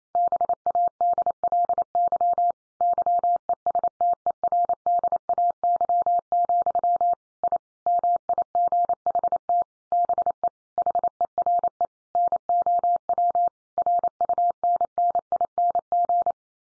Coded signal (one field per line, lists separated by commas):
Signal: Morse code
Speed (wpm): 28 wpm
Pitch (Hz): 700 Hz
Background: none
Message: BADLY YESTERDAY, I MIGHT BE HERE NOW RUNNING